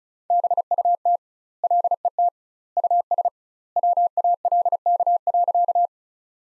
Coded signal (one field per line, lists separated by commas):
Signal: Morse code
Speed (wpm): 36 wpm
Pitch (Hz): 700 Hz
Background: none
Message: BUT LET US WALK.